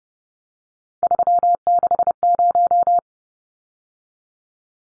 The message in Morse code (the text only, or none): 360